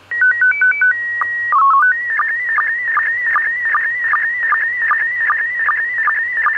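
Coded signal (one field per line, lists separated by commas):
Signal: SSTV (slow-scan television)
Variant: PD 50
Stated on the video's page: SSTV received on an Android smartphone.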